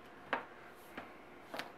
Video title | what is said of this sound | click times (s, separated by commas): Пластиковая накладка SGP Ultra Thin Air Color Series для Samsung Galaxy S4 i9500. Обзор 2013 | a little bit of pressure in a corner and you can snap it off | 0.3 s